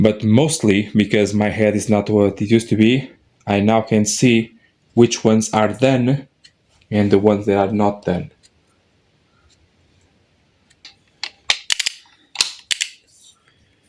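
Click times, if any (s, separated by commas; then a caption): 11.5 s, 12.7 s. A click-type torque wrench is used to tighten engine bolts during assembly of a 1.3 MultiJet engine. Someone talks for the first eight seconds, then after a quiet stretch the wrench gives sharp metallic clicks at 11.5 and 12.7 seconds as it reaches its torque setting.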